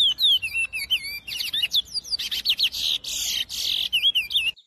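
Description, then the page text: Chestnut-bellied seed finch singing a fast run of clear whistled, slurred notes mixed with harsher buzzy bursts. "CURIÓ (Sporophila Angolensis) #natureza #curiócantando"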